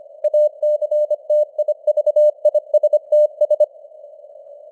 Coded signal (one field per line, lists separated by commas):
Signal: Morse code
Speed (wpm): 25 wpm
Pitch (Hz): 600 Hz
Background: none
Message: ACTIVISTS